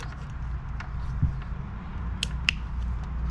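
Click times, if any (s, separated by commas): 2.2 s, 2.5 s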